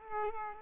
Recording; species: mosquito wingbeat signal from an infrared sensor; Culex pipiens